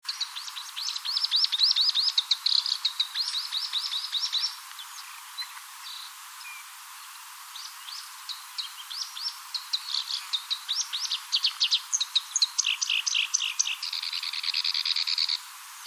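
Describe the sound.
Black-browed reed warbler song: rapid scratchy chattering phrases of repeated notes and trills, a brief lull midway, then livelier bursts ending in a buzzy sustained trill.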